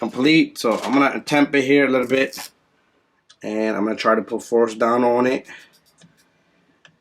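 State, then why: Stripped. Someone talks while trying to remove a screw from the motor area of a HoBao VTE2 RC car chassis, pushing down hard on it with a driver. A short tick sounds at 6.9 s as the screw head slips and strips further.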